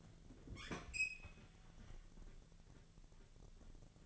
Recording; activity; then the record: daily activity, microphone in the room; open fridge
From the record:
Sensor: 4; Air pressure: 1000.9 hPa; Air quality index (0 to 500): 128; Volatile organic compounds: 1 ppm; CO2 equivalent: 957 ppm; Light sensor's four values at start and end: 29/71/30/32 and 27/64/27/29